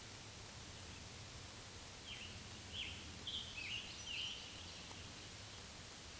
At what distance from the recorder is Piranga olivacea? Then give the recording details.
about 75 m. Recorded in a Pennsylvania forest on 1 June 2023 at 08:09. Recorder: AudioMoth, point grid3_14_high. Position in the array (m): 163 m, 142 m